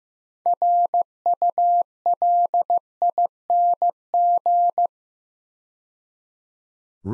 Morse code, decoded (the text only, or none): RULING